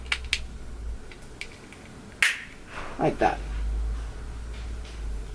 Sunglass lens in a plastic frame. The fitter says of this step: get it to lock into place and you should hear that pop like